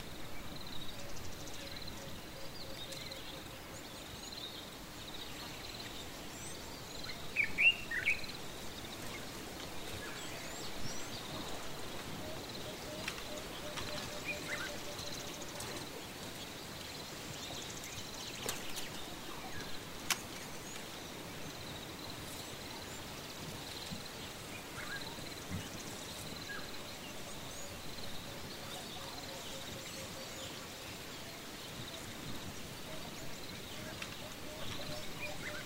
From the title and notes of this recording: Relaxing Sounds Of The African Bush. Birds, wind an other wildlife.